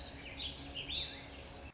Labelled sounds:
Warbling Vireo
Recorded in Sonoma County, California

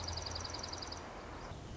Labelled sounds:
Dark-eyed Junco
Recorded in Sonoma County, California

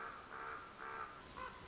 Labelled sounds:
Common Raven
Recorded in Sonoma County, California

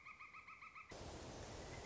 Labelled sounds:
Pileated Woodpecker
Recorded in Sonoma County, California

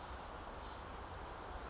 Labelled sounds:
California Towhee
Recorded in Sonoma County, California

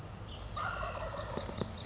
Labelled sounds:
Wild Turkey
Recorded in Sonoma County, California

